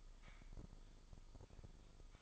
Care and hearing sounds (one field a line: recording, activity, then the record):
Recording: daily activity, microphone in the room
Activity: typing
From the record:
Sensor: 5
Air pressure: 995.4 hPa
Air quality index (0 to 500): 87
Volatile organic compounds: 4 ppm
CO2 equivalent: 1614 ppm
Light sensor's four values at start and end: 36/86/35/37 and 36/87/35/37